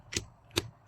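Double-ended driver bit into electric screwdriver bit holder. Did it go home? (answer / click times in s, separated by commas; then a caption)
no / none. A double-ended metal driver bit is pushed into the bit holder of a SATA electric screwdriver, making two short, sharp metallic contact sounds near 0.2 and 0.6 seconds with a faint tap just before the second. The bit goes in but nothing locks; it is held only by the magnet and can be pulled back out.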